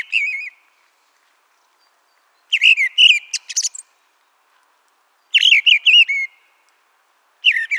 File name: turdus viscivorus